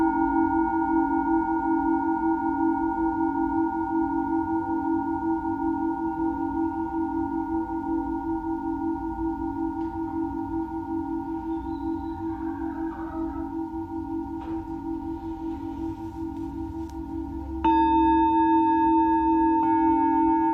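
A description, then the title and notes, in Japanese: A singing bowl hums in a long, steady ringing tone that slowly fades, then brightens again with a fresh strike near seventeen seconds. メキシコから シンギングボウルのサウンドヒーリング ライブ。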